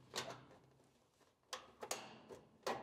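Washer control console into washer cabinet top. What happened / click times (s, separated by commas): Handled, not yet home: the plastic console is being worked into position but has not latched / none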